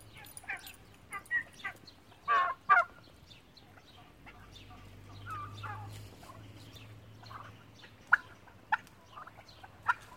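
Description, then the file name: Domestic turkeys giving a few loud yelps and scattered clucks, with a low rumbling hum midway and a few sharp calls later. "Puten"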